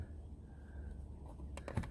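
During a hard-wired dash camera install on a 3rd gen Toyota Tacoma, a plastic piece at the rear-view mirror mount, either the cover or the power adapter connector, is handled by hand. A low steady hum runs through the clip, then three short, sharp plastic ticks come at about 1.6, 1.7 and 1.8 seconds. The piece has not clicked into place or seated yet.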